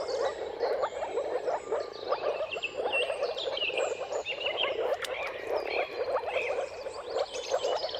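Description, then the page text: Many moor frogs call together in a continuous low, muffled bubbling that pulses slightly, with scattered bird notes over the top. Mating calls of moor frogs in a chorus at sunrise, at the turn of March and April depending on the weather. "earth-fm Jakub-Orzecki moor frogs. Dawn’s Chorus: Mating Calls of Marsh Frogs at Sunrise. Depending on the weather at the turn of March and April, you can witness an amazing spectacle of moor frogs"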